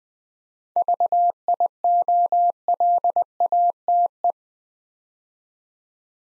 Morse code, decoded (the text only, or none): VIOLATE